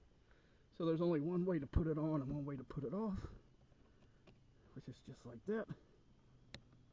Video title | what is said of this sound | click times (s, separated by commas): Is your Ford Fiesta's climate control only blowing on 4? Here is the Fix | Nice little click. | 6.5 s